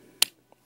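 A plastic chest panel on a Generations Deluxe Red Alert transforming robot toy is pressed into the torso, a spot that sometimes gives trouble on this version. It snaps into place with a single sharp, loud click at 0.2 s, followed by a couple of faint small sounds. The panel is seated.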